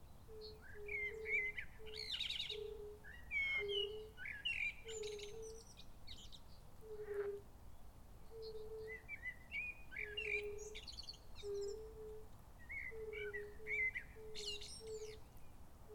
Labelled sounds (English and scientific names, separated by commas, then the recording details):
Fire-Bellied Toad (Bombina bombina) call
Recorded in the wild
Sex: male
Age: adult
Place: Bernau bei Berlin, Barnim, Brandenburg, DE
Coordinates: 52.6633, 13.6176
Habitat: pond
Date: 2018-04-18 20:34
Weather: 20°C, clear, almost windless
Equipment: Zoom H4nSP
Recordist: Frommolt, Karl-Heinz